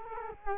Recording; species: mosquito wingbeat signal from an infrared sensor; Culex quinquefasciatus